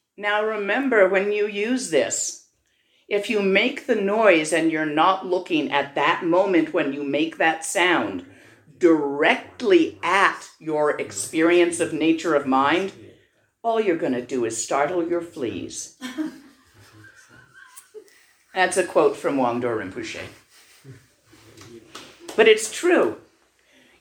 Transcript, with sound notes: Now remember when you use this, if you make the noise and you’re not looking at that moment, when you make that sound, directly at your experience of nature of mind, all you’re gonna do is startle your fleas.
[laughter]That’s a quote from Wangdor Rimpoche. But it’s true.